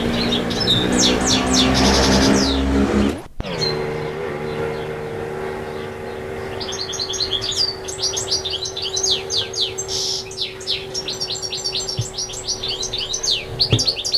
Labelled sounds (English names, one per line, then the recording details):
European Goldfinch song
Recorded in the wild
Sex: male
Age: adult
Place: Feldberg - Koldenhof, Mecklenburgische Seenplatte, Mecklenburg, DE
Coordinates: 53.3325, 13.3433
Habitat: lime
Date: 1976-06-25 13:40
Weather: sunny, slightly hazy, 19°C
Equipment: Uher CR 210, Sennheiser MD 421 HL, Verstärker, Reflektor, Kopie Uher 4200
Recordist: Tembrock, Günter